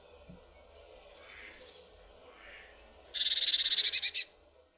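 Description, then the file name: Eurasian blue tit giving a single rapid, buzzy churring rattle lasting about a second, after a quiet stretch. "MODRASZKA"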